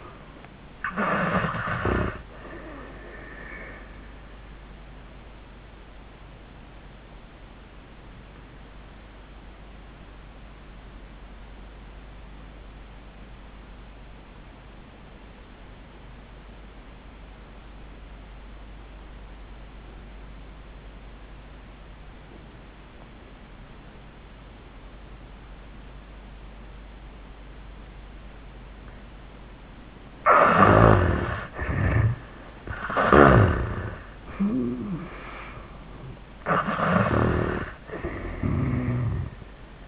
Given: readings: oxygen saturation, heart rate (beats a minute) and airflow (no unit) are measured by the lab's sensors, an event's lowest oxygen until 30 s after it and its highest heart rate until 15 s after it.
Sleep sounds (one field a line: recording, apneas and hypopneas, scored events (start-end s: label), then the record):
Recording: breathing in sleep by a voice recorder at the bedside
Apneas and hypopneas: 1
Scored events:
7.00-30.80 s: obstructive apnea (REM, oxygen 89% highest, then 65% lowest, heart rate 85 at the start, 96 highest)
From the record:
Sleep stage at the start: REM sleep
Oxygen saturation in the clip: 64 to 89%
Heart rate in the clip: 67 to 96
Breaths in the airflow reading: 3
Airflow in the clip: -30.7 to 14.6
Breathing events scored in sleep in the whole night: 400 in 8.7 hours asleep